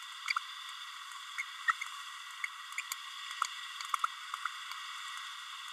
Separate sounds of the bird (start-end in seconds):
1.38-1.42, 1.68-1.72, 2.78-2.81